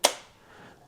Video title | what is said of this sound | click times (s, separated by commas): This Camera is Weird! Sony Mavica Review | Goes back in and you're going to hear a nice click | 0.0 s